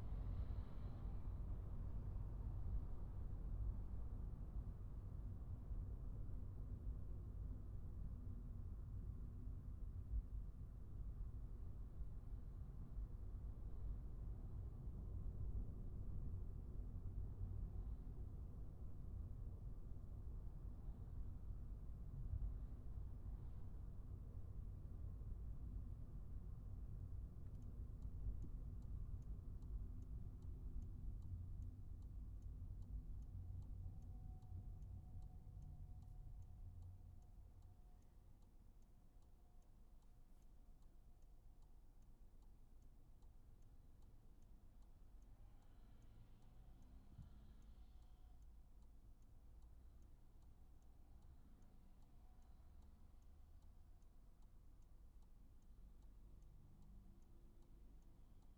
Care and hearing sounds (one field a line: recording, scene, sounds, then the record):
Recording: everyday scene through a hearing-aid microphone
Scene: in a vehicle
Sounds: engine, traffic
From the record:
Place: Skoda Fabia, gasoline engine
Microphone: behind the ear, right, rear